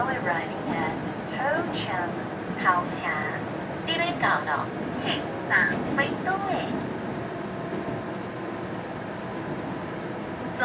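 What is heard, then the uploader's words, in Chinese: Voices at Taipei Main Station: several people talk and chatter over a steady low rumble and hum of the station. Speech is busiest in the first seven seconds, with brief louder bursts, then thins out while the rumbling bed continues. 第 229 車次新自強號、台北車站現場聲。鐵道、車站、人聲、新自強號。設備：Tascam DR-40x。搭乘第 229 車次新自強號（EMU3000），到達台北車站後簡易錄音。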